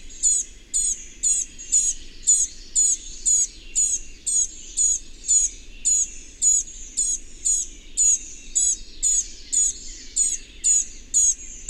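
Bird calling with quick, high-pitched chirps in a brisk, steady series, about two each second.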